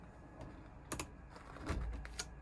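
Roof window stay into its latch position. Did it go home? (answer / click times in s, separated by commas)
yes / 0.9 s, 1.0 s, 2.0 s, 2.2 s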